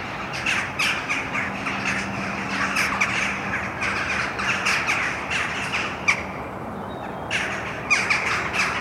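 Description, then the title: Birds giving harsh calls thick and fast, overlapping raspy squawks filling most, with a faint low hum below. Birds recorded at Mariahoeve, The Hague, Netherlands, using a Sony PCM D50. "Mariahoeve, Den Haag, Nederland - Vogels mariahieve"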